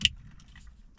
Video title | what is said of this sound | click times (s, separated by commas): Mazdaspeed3, Eonon Head Unit install, Backup Camera Wireless Android Auto, Apple Car Play | satisfying click. Oh, I love that. | 0.1 s